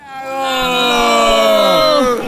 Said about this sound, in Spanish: Ese grito de batalla es el grito de la gente que me acompaña